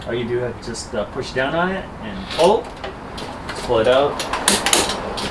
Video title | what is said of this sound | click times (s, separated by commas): JKU BUILD // DIY Jeep JKU Storage Slider Update Part 4 | and then it locks in place well it should lock in place there we go like that it is | 4.7 s